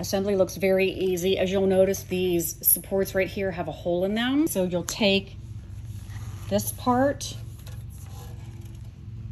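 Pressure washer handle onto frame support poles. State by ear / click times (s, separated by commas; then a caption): not seated / none. Someone talks while handling the upper handle part, which has pins, of a DeWalt 13 amp 2400 PSI pressure washer (DWPW2400) and lines it up with the frame's support poles, which have holes in them. Quieter handling noises follow after the talking stops. Nothing has seated or clicked yet.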